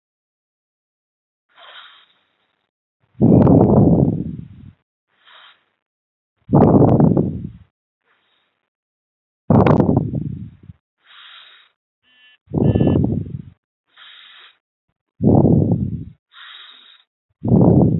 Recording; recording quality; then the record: deep breathing; moderate, slight background noise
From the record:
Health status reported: healthy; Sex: male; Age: 28 years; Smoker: yes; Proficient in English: yes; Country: India